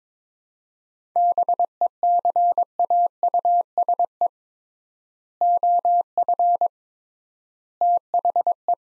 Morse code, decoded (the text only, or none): BECAUSE OF THE